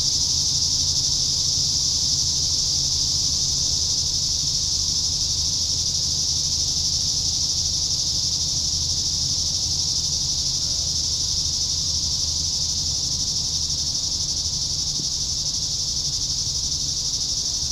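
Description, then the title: Steady cicada drone, a high, dense buzz with no breaks throughout, accompanied by low-pitched background hum. "neoscenes: cicadas"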